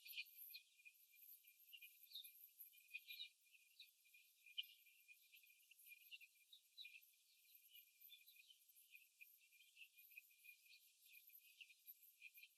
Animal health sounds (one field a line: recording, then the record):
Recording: young laying hens in a cage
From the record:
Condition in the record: after the stressor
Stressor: simulated dog barking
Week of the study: 3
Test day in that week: 2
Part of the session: 1